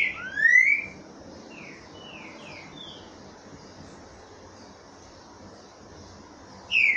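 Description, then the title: Green-winged Saltator singing a loud slurred whistle, then several soft notes and a long lull before another loud whistle at the end; faint hiss throughout. Trinca-ferro singing in the boiadeiro song style, voice 09, a recording used to warm up (esquentar) trinca-ferros. "Canto De Trinca Ferro Voz 09. TRINCA FERRO CANTANDO BOIADEIRO - ESQUENTAR TRINCA FERRO"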